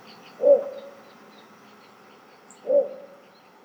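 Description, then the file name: Little bittern giving two low, muffled barking notes a little over two seconds apart, over a quiet background. "torpegem hangja - torpegem - Ixobrychus minutus"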